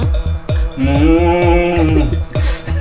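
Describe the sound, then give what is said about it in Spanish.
A cow lets out one long, drawn-out moo lasting over a second, heard over a steady, rhythmic low thumping that keeps going before and after the call. “¿Suena como becerro? ¿O qué es ser vaca?”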